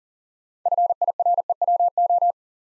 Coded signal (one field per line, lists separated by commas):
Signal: Morse code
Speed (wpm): 40 wpm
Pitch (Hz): 700 Hz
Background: none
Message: FIREWO